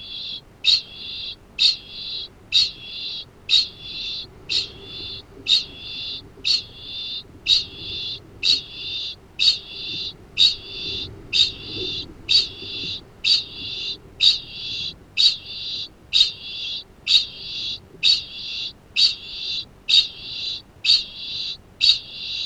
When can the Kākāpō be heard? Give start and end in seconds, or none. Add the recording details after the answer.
0.00-22.45. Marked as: faintness 2/5. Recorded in New Zealand. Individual Arab